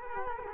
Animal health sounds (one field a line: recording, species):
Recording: mosquito wingbeat signal from an infrared sensor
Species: Culex quinquefasciatus